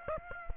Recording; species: mosquito wingbeat signal from an infrared sensor; Aedes aegypti